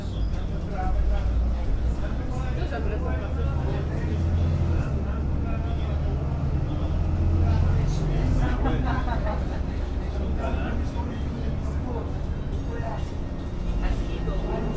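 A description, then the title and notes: A ride on a local bus, with a heavy low engine rumble that holds steady throughout, swelling slightly around the middle. People talk over it continuously, voices overlapping in bursts, while small rattles and clicks surface now and then. Riding The Local Bus In Aruba (Ambient Sounds,Bus Sounds, Road Sounds, People Talking). In this episode we are riding the local bus from Palm Beach in Aruba back to the cruise port. The bus is filled with charismatic characters especially the bus driver.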